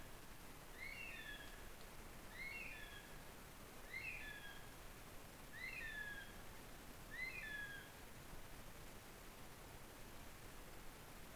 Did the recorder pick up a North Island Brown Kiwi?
yes